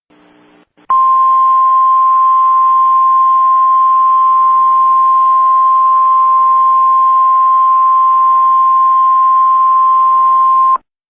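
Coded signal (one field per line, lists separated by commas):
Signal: Emergency Alert System (SAME) tones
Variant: 1050 Hz attention tone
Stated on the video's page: River flood warning received on NOAA Weather Radio.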